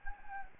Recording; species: mosquito wingbeat signal from an infrared sensor; Anopheles gambiae